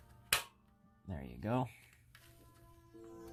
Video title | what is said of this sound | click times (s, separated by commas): Crown Victoria Dash Trim Replacement | nice satisfying click there | 0.3 s